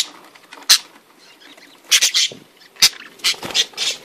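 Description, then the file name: Budgerigar chatter: scratchy, buzzy high chirps in short bursts. "Canto do periquitos ingleses"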